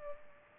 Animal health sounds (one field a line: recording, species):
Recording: mosquito wingbeat signal from an infrared sensor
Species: Culex pipiens